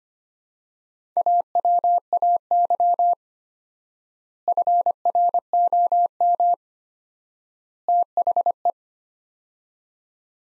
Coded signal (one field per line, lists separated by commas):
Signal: Morse code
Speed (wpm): 25 wpm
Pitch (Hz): 700 Hz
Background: none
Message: AWAY FROM THE